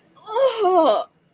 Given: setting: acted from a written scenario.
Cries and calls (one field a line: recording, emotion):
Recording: vocal sound without words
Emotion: disgust